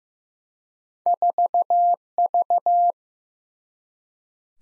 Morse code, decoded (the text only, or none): 4V